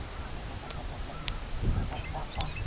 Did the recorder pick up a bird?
yes